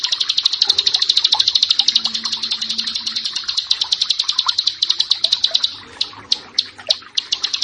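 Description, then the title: Bar-winged prinia song: a rapid, high, dry ticking trill that breaks up into separate chips near the end. "Ciblek Sawah 1"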